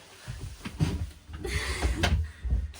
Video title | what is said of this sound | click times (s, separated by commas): BUS TOUR - 2006 Toyota Coaster - Self-Converted Off-Grid Setup | So it does lock into place, but yeah. | 2.0 s